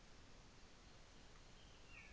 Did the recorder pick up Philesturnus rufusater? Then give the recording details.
no. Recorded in New Zealand on 24 December 2018. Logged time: 17:00